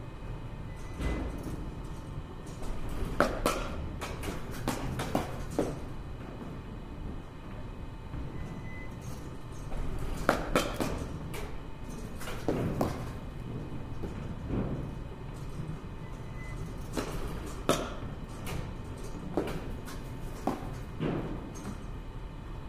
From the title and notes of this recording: バッティングセンターの音です. Sound of batting cage.